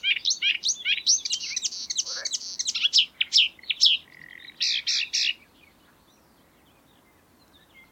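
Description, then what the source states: Marsh warbler song: quick chattering and buzzy rattled notes repeated rapidly for about five seconds, ending with a couple of harsh bursts, then near silence. Song recorded in May 2020.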